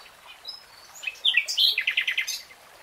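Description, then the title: Nightingale song phrase: a quiet high whistle, then a sharp burst of bright notes running into a quick rattling trill. Real-time recording. "[Tiếng chim hót] Nightingale Singing"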